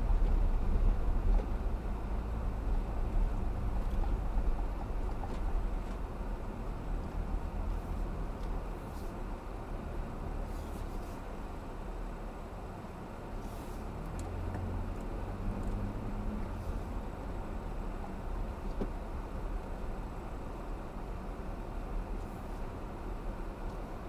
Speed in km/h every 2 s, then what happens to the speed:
21, 21, 19, 15, 11, 8, 5, 8, 16, 15, 15, 13.
3-12 slows to 5. 12-16 speeds up to 16. 16-24 steady at about 15.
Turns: none.